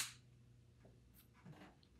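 A size 20 snap fastener cap is pressed into its set stud on a leather piece to test the setting. A sharp click sounds at 1.8 s, showing the snap has seated closed, and someone talks briefly.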